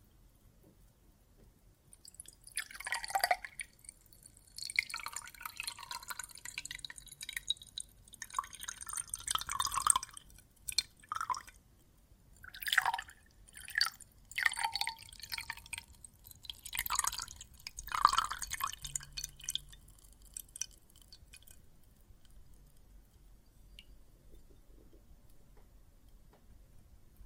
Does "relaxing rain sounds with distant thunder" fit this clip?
no